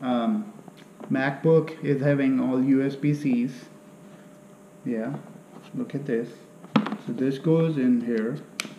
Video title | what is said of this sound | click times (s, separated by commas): Macbook Pro 15 inch multi-touch "Touch Bar" and a Touch ID Unboxing & Setup | good clicking sound so that you can hear that it is good | 8.6 s